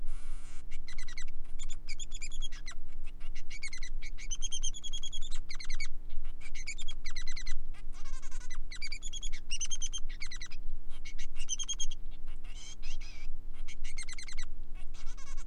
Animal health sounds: song of a male Bengalese finch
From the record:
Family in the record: son of father 3

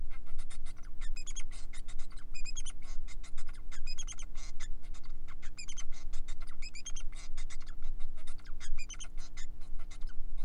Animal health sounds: song of a male Bengalese finch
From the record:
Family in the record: son of father 4

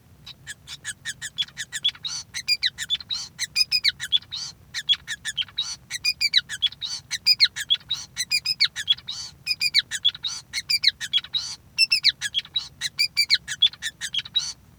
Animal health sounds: song of a male Bengalese finch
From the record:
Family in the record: son of father 5

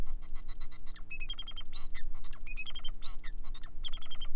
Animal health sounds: song of a male Bengalese finch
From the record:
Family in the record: son of father 4

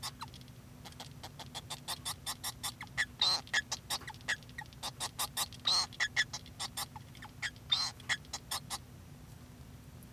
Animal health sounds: song of a male Bengalese finch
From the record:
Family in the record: son of father 2

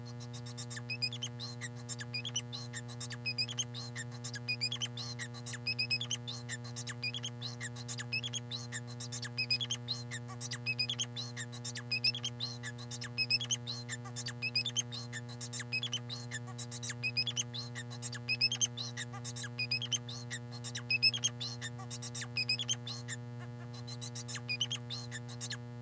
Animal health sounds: song of a male Bengalese finch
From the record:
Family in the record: son of father 4

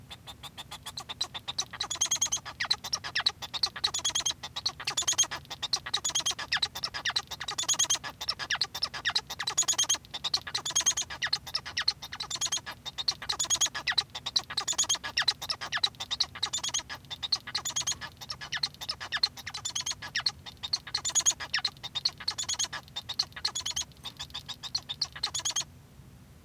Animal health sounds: song of a male Bengalese finch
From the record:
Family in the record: son of father 1

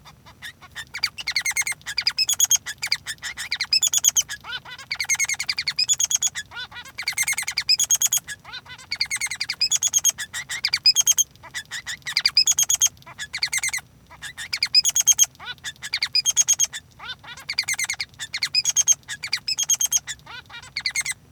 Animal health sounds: song of a male Bengalese finch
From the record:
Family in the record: son of father 3

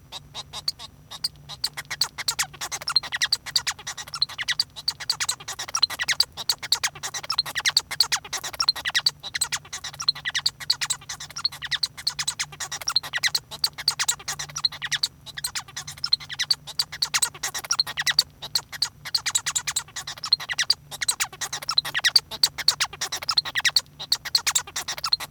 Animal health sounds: song of a male Bengalese finch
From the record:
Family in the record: son of father 1

